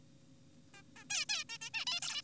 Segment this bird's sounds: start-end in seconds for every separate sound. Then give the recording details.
0.74-0.82, 0.96-1.05, 1.10-1.25, 1.29-1.44, 1.49-1.58, 1.62-1.70, 1.74-1.85, 1.87-2.00, 2.02-2.22. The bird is an adult. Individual g4p5U